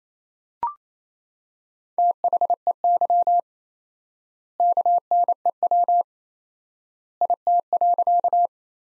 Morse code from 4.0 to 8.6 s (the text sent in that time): KNEW IT.